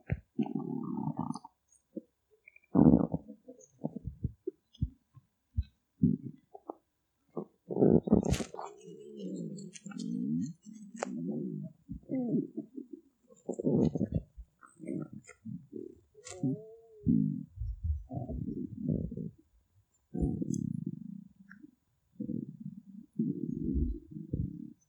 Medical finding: Stomach Noises.